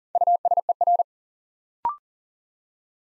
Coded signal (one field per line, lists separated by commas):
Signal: Morse code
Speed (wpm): 38 wpm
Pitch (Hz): 700 Hz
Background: none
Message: USER